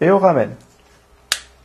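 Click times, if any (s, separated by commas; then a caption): 1.3 s. A folding trekking pole section is pulled down until the arrow shows, turned, and brought back into its locking mechanism while someone talks. A sharp click is heard at 1.3 s as the section locks, confirming it is seated.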